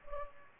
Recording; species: mosquito wingbeat signal from an infrared sensor; Culex pipiens